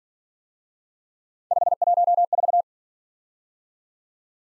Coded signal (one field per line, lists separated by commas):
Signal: Morse code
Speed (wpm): 47 wpm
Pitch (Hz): 700 Hz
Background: none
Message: 514